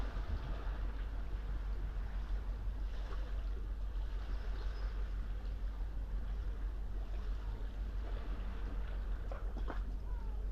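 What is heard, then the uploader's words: A smooth sea at sunrise, heard from a tree growing out of boulders at the water's edge. A steady, dense low wash rolls on without pause, with a soft hiss above. Brief faint clicks and a short rising chirp appear near the end. Early morning below Nothe Fort. The sound-scene is of a smooth, sunrise sea, heard from a tree, growing up out of a bundle of boulders, close to the water's edge. It's early April, and just after daybreak.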